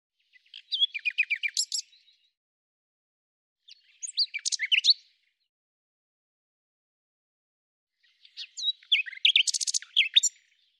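Bird song: three lively phrases of quick chirps and rattling trills, spaced several seconds apart, with quiet between them.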